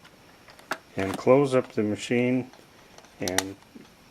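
Someone talks while handling a Peter Pan Compact portable phonograph, closing up the machine before folding down the front clasps to latch the case shut. Two brief sharp ticks are heard at about 0.6 and 0.7 s amid the speech. The clasps have not snapped shut yet, and nothing has seated or clicked home.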